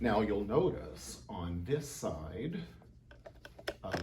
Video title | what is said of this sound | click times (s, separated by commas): Quilt Canada - Quilt Maker Pro 16 | the quilt there we go that's locked into place | 3.7 s